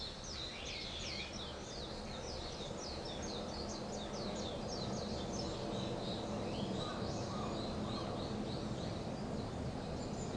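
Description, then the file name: Bird calls, many rapid high chirps and short downslurred notes overlapping as a chorus, over a steady low rumbling background noise. "wild bird"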